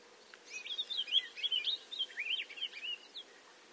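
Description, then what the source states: Palila: songbird giving a continuous warble of rapid, tumbling, slurred notes for about three seconds over a steady background hiss. Loud, warbly blurt call, given mainly by males but by both sexes and all ages as a contact call; Hawaii.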